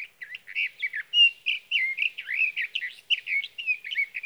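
Sage thrasher song, a continuous rambling warble of quick slurred notes rising and falling, delivered rapidly throughout.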